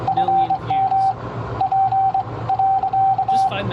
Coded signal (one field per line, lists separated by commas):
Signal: Morse code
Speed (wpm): 24 wpm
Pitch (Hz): 770 Hz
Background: speech, radio noise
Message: FM P.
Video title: Don't be Shy! SHOW ME Ham Radio! [Youth Workshop Series Week 2/6]